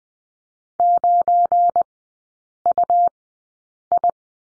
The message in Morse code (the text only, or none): 9UI